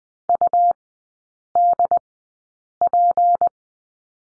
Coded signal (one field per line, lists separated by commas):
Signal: Morse code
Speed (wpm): 20 wpm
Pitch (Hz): 700 Hz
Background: none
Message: UDP